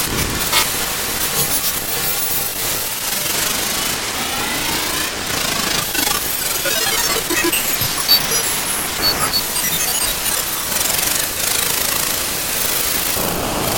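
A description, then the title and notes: White noise hisses steadily and densely, brightest in the high range, with faint rattling, machine-like flutter and brief sweeping streaks drifting through it. An exploration of white noise.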